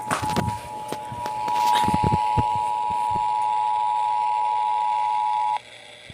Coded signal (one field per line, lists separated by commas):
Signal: Emergency Alert System (SAME) tones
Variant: 853 and 960 Hz attention tone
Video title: (FOUND SAFE) CAE 9-12-24 (EAS 18)